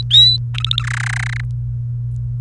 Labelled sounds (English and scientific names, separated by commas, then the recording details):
Domestic Canary (Serinus canaria) song
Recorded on 28 April 2018 at 17:54
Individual llb3